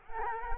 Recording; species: mosquito wingbeat signal from an infrared sensor; Culex quinquefasciatus